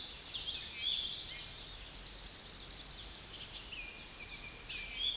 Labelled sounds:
Tennessee Warbler (Leiothlypis peregrina) song
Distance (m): 15 m
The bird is about 15 m above the microphone
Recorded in a Pennsylvania forest on 16 May 2024 at 07:35
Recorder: AudioMoth, point MSD-2453
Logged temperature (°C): 16.3 °C
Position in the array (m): 215 m, 161 m

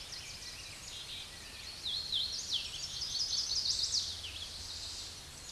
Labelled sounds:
Hooded Warbler (Setophaga citrina) song
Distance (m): 50 m
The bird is about 25 m above the microphone
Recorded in a Pennsylvania forest on 16 May 2024 at 08:30
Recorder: AudioMoth, point MSD-1338
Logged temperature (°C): 12.6 °C
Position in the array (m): 126 m, 80 m

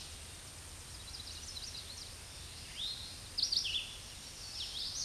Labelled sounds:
Red-eyed Vireo (Vireo olivaceus) song
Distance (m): 30 m
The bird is about 20 m above the microphone
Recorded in a Pennsylvania forest on 16 May 2024 at 07:59
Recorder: AudioMoth, point MSD-2304
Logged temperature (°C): 16.0 °C
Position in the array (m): 190 m, 165 m

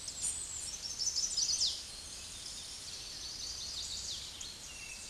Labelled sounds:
Chestnut-sided Warbler (Setophaga pensylvanica) song
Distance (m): 20 m
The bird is about 5 m below the microphone
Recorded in a Pennsylvania forest on 16 May 2024 at 08:24
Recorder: AudioMoth, point MSD-2306
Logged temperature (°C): 15.6 °C
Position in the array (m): 51 m, 41 m

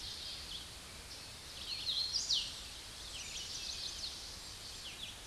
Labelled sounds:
Hooded Warbler (Setophaga citrina) song
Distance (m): 35 m
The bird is about 15 m above the microphone
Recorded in a Pennsylvania forest on 16 May 2024 at 08:29
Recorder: AudioMoth, point MSD-1338
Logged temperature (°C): 12.6 °C
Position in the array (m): 119 m, 73 m

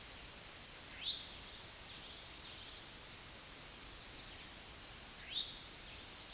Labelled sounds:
Eastern Towhee (Pipilo erythrophthalmus) song
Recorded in a Pennsylvania forest on 16 May 2024 at 09:54
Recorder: AudioMoth, point MSD-1307
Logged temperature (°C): 16.6 °C
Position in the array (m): 201 m, 140 m

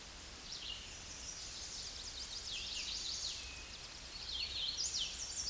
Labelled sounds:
Red-eyed Vireo (Vireo olivaceus) song
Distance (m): 20 m
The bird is about 10 m above the microphone
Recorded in a Pennsylvania forest on 16 May 2024 at 08:23
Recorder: AudioMoth, point MSD-0079
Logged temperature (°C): 16.1 °C
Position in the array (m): 171 m, 71 m

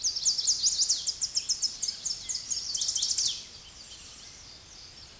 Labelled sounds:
Tennessee Warbler (Leiothlypis peregrina) song
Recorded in a Pennsylvania forest on 16 May 2024 at 08:16
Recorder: AudioMoth, point MSD-1360
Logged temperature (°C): 14.8 °C
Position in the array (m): 186 m, 196 m

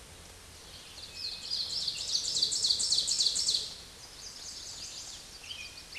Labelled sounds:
Ovenbird (Seiurus aurocapilla) song
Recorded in a Pennsylvania forest on 16 May 2024 at 09:43
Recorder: AudioMoth, point MSD-0475
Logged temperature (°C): 12.3 °C
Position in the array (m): 161 m, -11 m

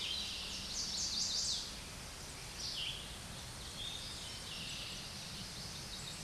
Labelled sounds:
Chestnut-sided Warbler (Setophaga pensylvanica) song
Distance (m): 30 m
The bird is about 5 m above the microphone
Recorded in a Pennsylvania forest on 16 May 2024 at 06:52
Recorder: AudioMoth, point MSD-1849
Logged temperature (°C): 12.1 °C
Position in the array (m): 10 m, 20 m

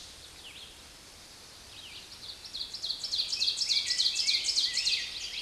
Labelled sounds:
Ovenbird (Seiurus aurocapilla) song
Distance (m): 15 m
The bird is about 5 m above the microphone
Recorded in a Pennsylvania forest on 16 May 2024 at 06:56
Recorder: AudioMoth, point MSD-2287
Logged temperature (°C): 11.2 °C
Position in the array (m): 137 m, 9 m

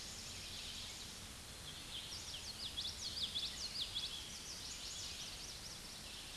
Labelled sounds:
Common Yellowthroat (Geothlypis trichas) song
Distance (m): 25 m
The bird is about 5 m above the microphone
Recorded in a Pennsylvania forest on 16 May 2024 at 09:36
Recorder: AudioMoth, point MSD-2429
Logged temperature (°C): 16.7 °C
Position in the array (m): 90 m, 93 m

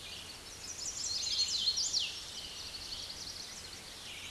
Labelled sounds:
Hooded Warbler (Setophaga citrina) song
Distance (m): 15 m
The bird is about 10 m above the microphone
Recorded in a Pennsylvania forest on 16 May 2024 at 06:34
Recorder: AudioMoth, point MSD-2181
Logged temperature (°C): 12.8 °C
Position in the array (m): 146 m, 112 m

